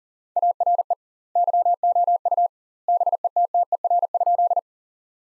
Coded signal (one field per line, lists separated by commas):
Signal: Morse code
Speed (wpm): 37 wpm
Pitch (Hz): 700 Hz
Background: none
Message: ARE YOU BETTER?